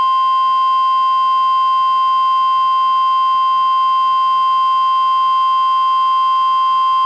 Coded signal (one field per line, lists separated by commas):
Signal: Emergency Alert System (SAME) tones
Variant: 1050 Hz attention tone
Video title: EAS #889: NWR Required Weekly Test- Nov. 8, 2023- 11:01AM PST